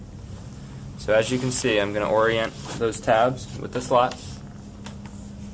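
Two plastic tabs on the napper of a Graco Pack 'N Play playard with reversible napper and changer are lined up with two slots in the side of the bassinet and pushed down while someone talks. Two sharp snaps are heard at 4.9 s and 5.1 s, one for each side, over a steady background hum. The tabs are seated firmly in the slots.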